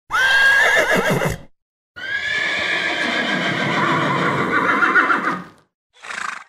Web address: Horse. Neighing